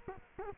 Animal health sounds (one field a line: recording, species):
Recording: mosquito wingbeat signal from an infrared sensor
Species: Culex quinquefasciatus